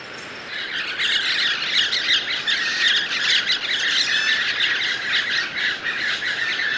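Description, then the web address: Bird calls in a dense, harsh squawking chorus, many overlapping rough notes running continuously from about one second to the end with no pauses. Ecuador, South America. "Birds of Ecuador"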